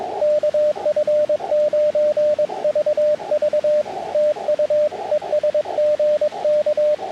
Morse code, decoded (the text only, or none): KF9VV TU ES GK